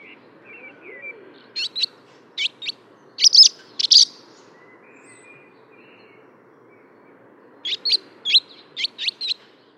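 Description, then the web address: Barn swallow giving sharp, high chirps in short clusters, then after a pause a longer run of several chirps. "fugler laavesvale"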